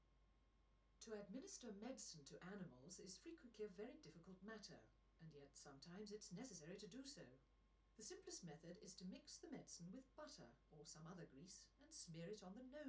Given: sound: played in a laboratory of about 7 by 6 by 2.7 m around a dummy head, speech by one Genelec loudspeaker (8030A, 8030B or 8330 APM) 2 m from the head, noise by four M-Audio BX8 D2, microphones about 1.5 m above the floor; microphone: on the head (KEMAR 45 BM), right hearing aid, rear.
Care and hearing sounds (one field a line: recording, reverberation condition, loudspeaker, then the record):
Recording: female speech in English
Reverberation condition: low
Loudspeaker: 150 degrees to the left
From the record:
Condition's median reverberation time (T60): about 310 ms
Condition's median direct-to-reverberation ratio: about 3.5 dB